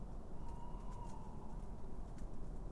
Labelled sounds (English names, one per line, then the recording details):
Tawny Owl
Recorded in Germany
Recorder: ecoPi